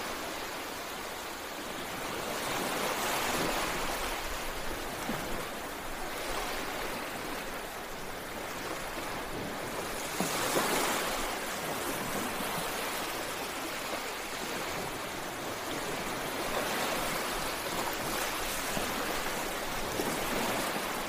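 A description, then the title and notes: Ocean waves wash in a steady, dense hiss of water with little low rumble. The sound swells gently every few seconds, with brighter surges near 3, 10 and 18 seconds, then eases back without ever falling silent. The gentle rhythm of the waves. Soothing and calming sounds of ocean waves.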